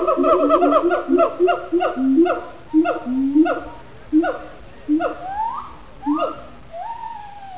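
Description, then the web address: Siamang calling in a rapid series of harsh, harmonic barks that start fast, then slow and rise into longer upward-sweeping hoots toward the end. "siamang song"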